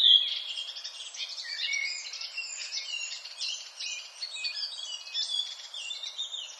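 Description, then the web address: Redwing song, a dense, continuous twittering chatter of squeaky, scratchy high notes running throughout without pause. "HGW birds \ \aves Rodvingetrast"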